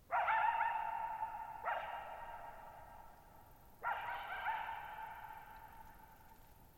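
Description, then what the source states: Coyote giving a few harsh barks at uneven spacing, each dissolving into a long drawn-out echo. Lone coyote at night, July 14, 2019, Thirtymile Meadows, Okanogan National Forest, Okanogan High Country, Pacific Northwest, 6400 ft (1950 m); high dry plateau, shallow-bowl meadow with boggy ground.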